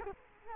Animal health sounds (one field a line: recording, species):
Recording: mosquito wingbeat signal from an infrared sensor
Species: Culex quinquefasciatus